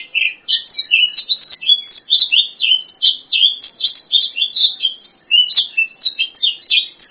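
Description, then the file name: Black-throated laughingthrush: continuous, fast sequence of varied whistled and chirping notes, bright and high-pitched throughout. "suara kicauan burung blacksang. omkicau"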